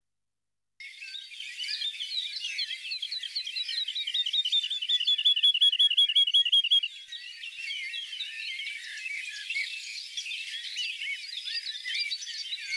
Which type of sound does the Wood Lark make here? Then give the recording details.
song. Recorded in the wild. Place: Oberrotweil am Kaiserstuhl, Baden-Württemberg, DE. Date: 1980-06-17. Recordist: Schwarz, Dieter. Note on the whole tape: Song